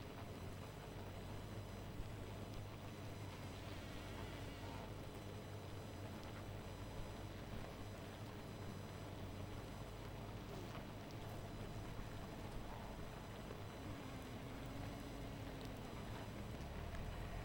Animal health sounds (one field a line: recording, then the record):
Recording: honeybee colony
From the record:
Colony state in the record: missing queen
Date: 14 July 2017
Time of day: 0:31